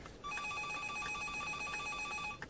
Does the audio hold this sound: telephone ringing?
yes